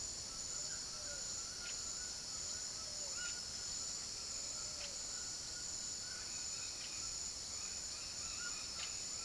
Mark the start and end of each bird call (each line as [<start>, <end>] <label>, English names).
[0.24, 9.25] White-throated Toucan
[0.36, 5.01] Pale-vented Pigeon